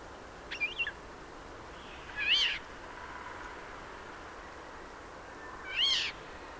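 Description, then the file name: Eurasian jay giving mewing calls with a rising-falling tone: a quieter, broken one near the start, then two louder ones about three and a half seconds apart. "Garrulus glandarius"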